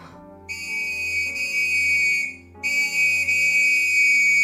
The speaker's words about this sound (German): Auf das durchdringende Pfeifen des Wachtmeisters eilte ein Kollege herbei, der sich sogleich aufmachte, um Scotland Yard zu verständigen.